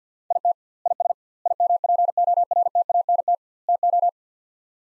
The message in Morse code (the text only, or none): IT IS IMPORTANT TO